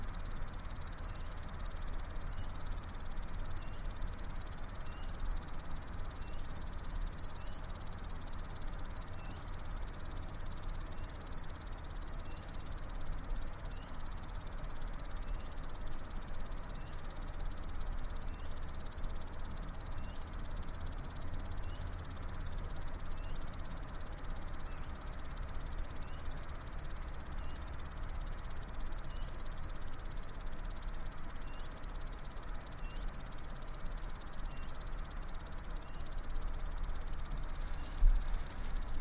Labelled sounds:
Common Green Grasshopper stridulation

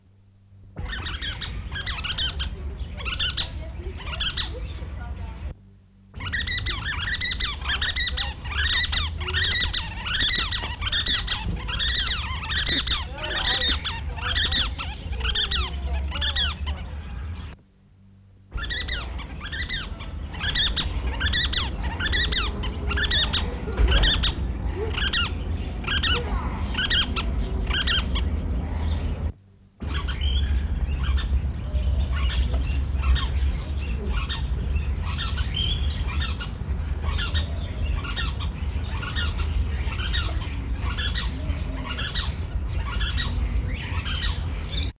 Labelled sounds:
Pygmy Falcon call

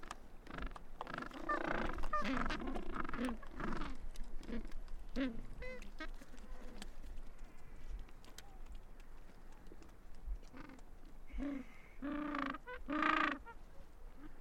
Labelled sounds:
Gentoo Penguin call

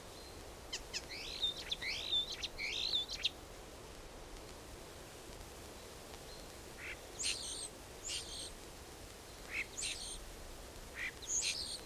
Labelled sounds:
European Starling song

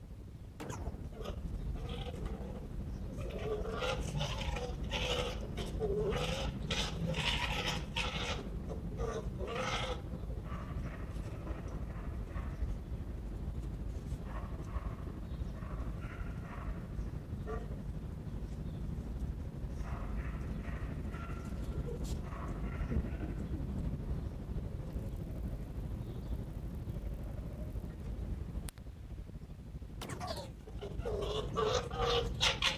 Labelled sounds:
Arctic Fox

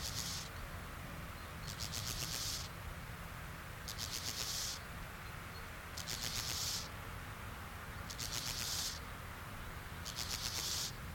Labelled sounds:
Steppe Grasshopper stridulation

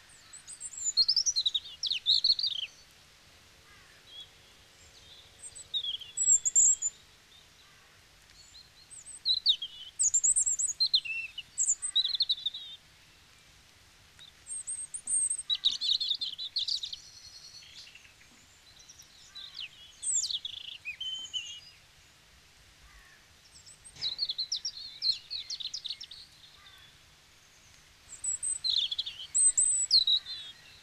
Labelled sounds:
European Robin song

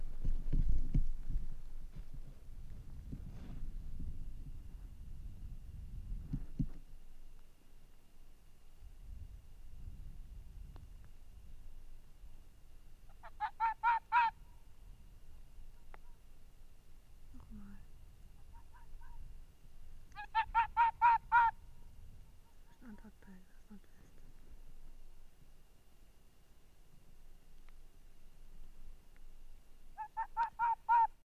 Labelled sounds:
Arctic Fox

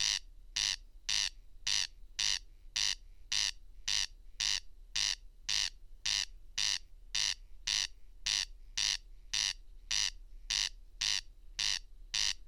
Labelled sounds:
Corn Crake song

